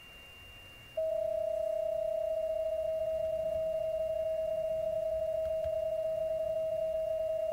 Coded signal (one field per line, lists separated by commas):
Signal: PSK31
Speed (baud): 31.25 baud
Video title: Versuche QRP Verbindungen im 15 m Band in PSK31 aus dem Bully T4 mit 4 Watt [ [DL4DP und DO7DP]